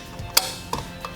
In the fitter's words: can hear the click a couple times right